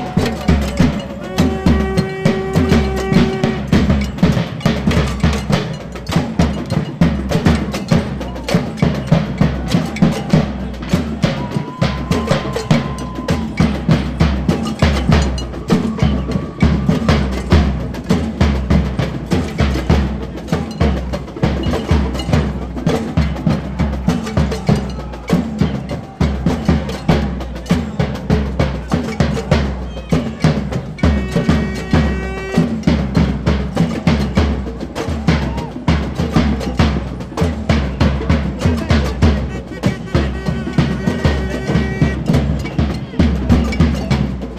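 Street percussion from a Quebec student strike protest in Montreal, a dense, steady pounding of drums with a heavy low beat running the whole time. Ringing metallic tones, like cowbells or bells, cut through at around 2, 32 and 41 seconds, over a constant crowd murmur.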